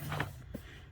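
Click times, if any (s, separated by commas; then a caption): 0.2 s. The square end of a Ford Ranger's clutch linkage is pushed through the square hole at the clutch pedal, with a short rustle, then a sharp click at 0.2 s as it locks into place, followed by a dull low thump around 0.55 s. The fitting is seated and looks good.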